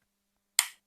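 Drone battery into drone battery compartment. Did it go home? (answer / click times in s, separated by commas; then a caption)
yes / 0.6 s. A plastic battery pack is pushed, connectors facing down, into the rear battery compartment of a Holy Stone HS440D GPS drone until its latch clicks up. After near silence, a single sharp, bright click sounds at 0.59 s and fades within about 0.2 s. The battery is seated and latched.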